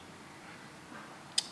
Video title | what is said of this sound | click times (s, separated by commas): Cleaning buttons, gluing magnets and flexible circuit @scanlime-in-progress | yeah when you put that insert in it actually just kind of clicks into place with those little Nubs there | 1.4 s